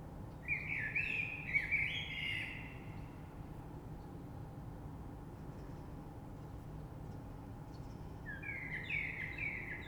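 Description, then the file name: Common blackbird singing two rich, flute-like warbled phrases with squeaky high endings, about eight seconds apart, with a continuous low background hum. Recorded 3 March 2020. "Rush Merle"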